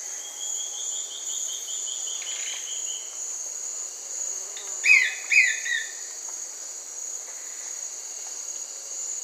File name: Brownish twistwing